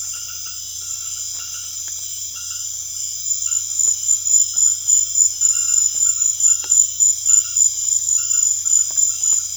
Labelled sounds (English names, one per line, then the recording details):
none
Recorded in secondary vegetation near Puerto Asís, Putumayo, Colombia, on 24 June 2025 at 20:00
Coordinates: 0.500, -76.326
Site GP08